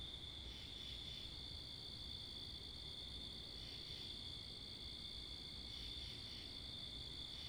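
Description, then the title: Crickets trilling in a steady, continuous high chorus that swells slightly at intervals, over a low rumble. Night recording, 11:35 pm, 10 October 2021, Wakefield, Rhode Island, facing northeast, two shotgun microphones on a Sound Devices MixPre-10 II recorder; crickets with cars and wind. "Oct 10th 2021 11:35pm Wakefield, Rhode Island"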